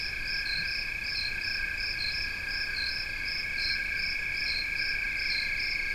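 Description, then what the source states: Steady cricket trills on two levels with a higher cricket pulsing in uneven bursts over the top, no other sounds clear. Recorded 16 August 2021, 4:00-4:30 am; maybe three cricket species (Western trilling cricket, fall field cricket, a tree cricket), uncertain.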